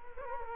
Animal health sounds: mosquito wingbeat signal from an infrared sensor; Culex quinquefasciatus

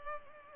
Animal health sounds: mosquito wingbeat signal from an infrared sensor; Culex pipiens

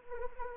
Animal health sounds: mosquito wingbeat signal from an infrared sensor; Anopheles arabiensis

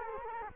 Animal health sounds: mosquito wingbeat signal from an infrared sensor; Culex quinquefasciatus

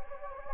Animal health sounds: mosquito wingbeat signal from an infrared sensor; Anopheles gambiae

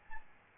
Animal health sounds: mosquito wingbeat signal from an infrared sensor; Aedes albopictus

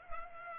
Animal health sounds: mosquito wingbeat signal from an infrared sensor; Culex pipiens

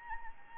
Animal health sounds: mosquito wingbeat signal from an infrared sensor; Anopheles gambiae

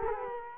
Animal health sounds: mosquito wingbeat signal from an infrared sensor; Culex quinquefasciatus

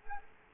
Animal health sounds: mosquito wingbeat signal from an infrared sensor; Culex quinquefasciatus

